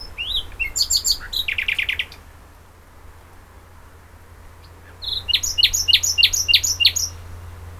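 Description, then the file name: Common nightingale song with chattering, buzzy phrases, a pause, then a rhythmic series of sharp notes repeated about three times a second. "Luscinia megarhynchos"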